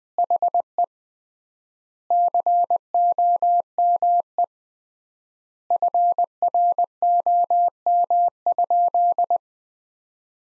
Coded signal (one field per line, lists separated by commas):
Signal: Morse code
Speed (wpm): 20 wpm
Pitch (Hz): 700 Hz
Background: none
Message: HE COME FROM?